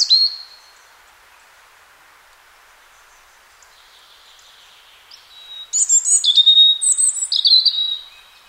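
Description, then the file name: European robin song: a short high note at the start, a long pause, then a burst of thin, tumbling, high-pitched warbled phrases near the end. "Erithacus rubecula"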